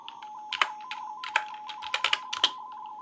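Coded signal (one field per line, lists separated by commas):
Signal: RTTY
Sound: warbling two-tone teletype burble near 1 kHz under sharp clicking keystrokes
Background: keyboard typing clicks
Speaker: working somebody else make you call me anyway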